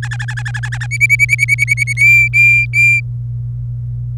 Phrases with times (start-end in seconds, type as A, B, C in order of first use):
0.02-0.86 A, 0.91-1.93 B, 1.97-3.00 C